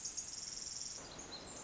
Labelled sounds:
Pacific Wren
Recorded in Sonoma County, California

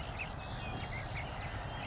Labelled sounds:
Savannah Sparrow
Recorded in Sonoma County, California

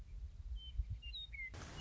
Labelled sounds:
Western Meadowlark
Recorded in Sonoma County, California

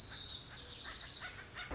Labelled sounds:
Pacific Wren
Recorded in Sonoma County, California

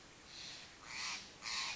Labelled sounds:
Steller's Jay
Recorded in Sonoma County, California

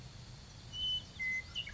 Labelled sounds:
Western Meadowlark
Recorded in Sonoma County, California

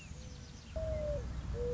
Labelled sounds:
Mourning Dove
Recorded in Sonoma County, California

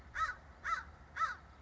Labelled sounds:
American Crow
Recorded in Sonoma County, California

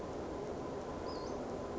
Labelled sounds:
Western Flycatcher
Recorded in Sonoma County, California

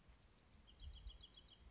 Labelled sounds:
Bewick's Wren
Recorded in Sonoma County, California

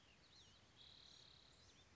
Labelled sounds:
Spotted Towhee
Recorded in Sonoma County, California

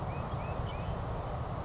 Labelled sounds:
California Towhee
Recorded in Sonoma County, California

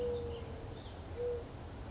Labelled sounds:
Mourning Dove
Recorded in Sonoma County, California

